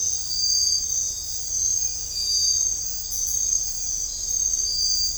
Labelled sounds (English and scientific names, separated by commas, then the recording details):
none
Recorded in dense forest near Puerto Asís, Putumayo, Colombia, on 21 December 2024 at 05:00
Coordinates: 0.500, -76.322
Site G053